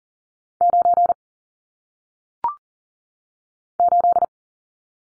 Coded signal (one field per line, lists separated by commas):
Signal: Morse code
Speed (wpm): 39 wpm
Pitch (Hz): 700 Hz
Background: none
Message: 9 8